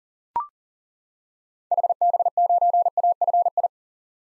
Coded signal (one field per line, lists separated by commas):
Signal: Morse code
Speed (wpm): 38 wpm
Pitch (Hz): 700 Hz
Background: none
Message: HB9AFI